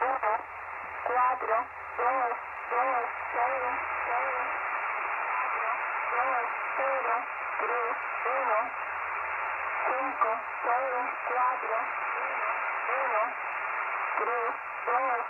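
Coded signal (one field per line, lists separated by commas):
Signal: numbers station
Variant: HM01, Spanish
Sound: short spoken words at even intervals through narrowband radio hiss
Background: radio static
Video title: Numbers (Spy) Station out of Havana Cuba. HM01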